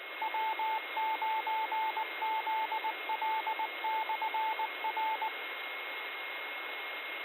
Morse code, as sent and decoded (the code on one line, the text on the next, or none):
.-- ----. --.. .-.. -..-. .-.
W9ZL/R